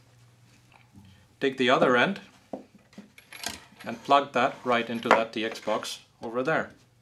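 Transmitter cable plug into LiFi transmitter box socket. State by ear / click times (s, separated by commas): not seated / none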